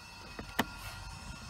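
On a Mercedes C-Class, the long metal retaining clip of the battery compartment cover in the engine bay is flipped over, hooked behind a plastic lug and pressed down. A sharp, bright click sounds at 0.6 s over a low, steady background, with a softer tap just before it. The clip latches and the cover is seated.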